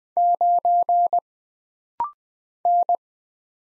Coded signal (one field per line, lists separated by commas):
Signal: Morse code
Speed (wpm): 20 wpm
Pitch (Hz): 700 Hz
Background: none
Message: 9 N